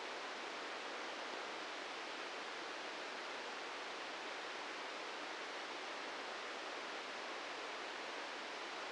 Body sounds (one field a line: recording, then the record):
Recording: brain microelectrode recording played as sound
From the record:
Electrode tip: inside the subthalamic nucleus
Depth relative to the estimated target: 0 mm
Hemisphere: right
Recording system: NeuroSet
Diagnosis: Parkinson's disease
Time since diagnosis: 13 years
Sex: male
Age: 63 years